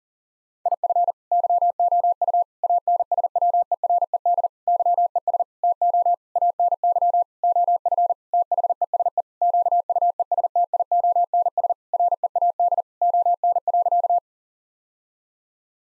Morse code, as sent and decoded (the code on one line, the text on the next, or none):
.. ..-. / -.-- --- ..- / .- -. ... .-- . .-. . -.. / -.-- . ... / - --- / .- -. -.-- / --- ..-. / - .... . ... . / --.- ..- . ... - .. --- -. ... / .-. . .- -.. / --- -. .-.-.-
IF YOU ANSWERED YES TO ANY OF THESE QUESTIONS READ ON.